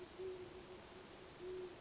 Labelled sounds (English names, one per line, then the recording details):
Great Horned Owl
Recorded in Sonoma County, California